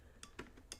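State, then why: Not seated. A DDR5 memory stick is handled over a motherboard DIMM slot, about to be pressed down until its retention clips snap closed. Only a few faint, light ticks stand out against a low background hum. Nothing has seated or clicked yet.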